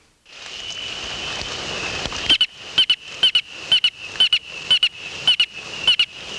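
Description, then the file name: Robust chirper frog calling with paired sharp chirps, about two pairs per second, after a steady hissing background that quiets as the calls begin. "Austrochaperina robusta"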